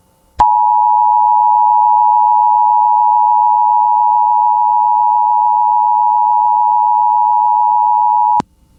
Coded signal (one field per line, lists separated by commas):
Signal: Emergency Alert System (SAME) tones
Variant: 853 and 960 Hz attention tone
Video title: (EAS #19) Arkansas + Oklahoma SEVERE THUNDERSTORM WATCH on KALT-FM